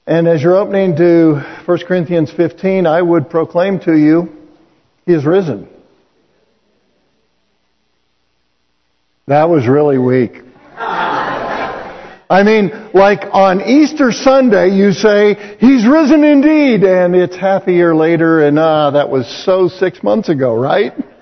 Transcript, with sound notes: and as you’re opening to 1st Corinthians 15 I would proclaim to you, “He’s risen!” [Congregation quiet] That was really weak. [Congregation laughs] I mean, like on Easter Sunday you say “He’s risen indeed” and it’s half a year later and – ah – that was so six months ago, right?